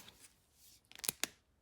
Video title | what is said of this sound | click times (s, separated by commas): Magnetize Your Makes! Mini Pocket Folios You'll Adore Inspired by @CaraBrandonCreations | Hear that snap there? It snaps together, which is fun. | 1.1 s